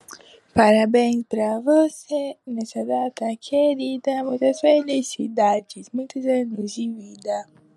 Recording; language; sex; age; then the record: short text; Brazilian Portuguese; female; 18 to 19 years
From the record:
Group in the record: control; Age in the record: 18 years